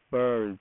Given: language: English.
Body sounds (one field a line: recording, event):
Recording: throat vibration sensor signal played as sound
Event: speech